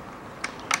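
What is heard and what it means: The plastic latch on the wiring connector of a rear tail light circuit board on a 2011 BMW X3 xDrive 20d (F25) is snapped closed during reassembly, while fixing rear parking lights that don't work. Two sharp clicks come at 0.4 s and 0.7 s over a quiet background. The latch snaps shut and the board is seated in place.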